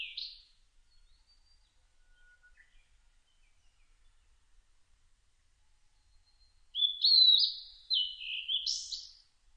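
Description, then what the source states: Blue-and-white flycatcher song: a brief high note at the start, a long pause, then a quick run of high slurred whistles ending on a higher, burry note. Recorded on 1 July 2006.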